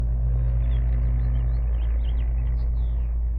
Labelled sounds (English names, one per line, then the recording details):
House Finch song
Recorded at Wantgh on Long Island, New York, on 21 May 1975
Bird A